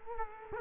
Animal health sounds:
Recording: mosquito wingbeat signal from an infrared sensor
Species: Culex quinquefasciatus

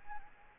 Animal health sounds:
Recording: mosquito wingbeat signal from an infrared sensor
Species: Anopheles gambiae

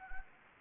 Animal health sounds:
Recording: mosquito wingbeat signal from an infrared sensor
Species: Anopheles arabiensis

